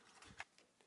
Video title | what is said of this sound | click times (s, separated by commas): Review FR - Transformers Siege - Jetfire Skyfire | ça déjà le nez qui va se déployer et se clipser | 0.4 s